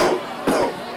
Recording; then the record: coughing mixed with background sound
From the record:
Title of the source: Coughing 77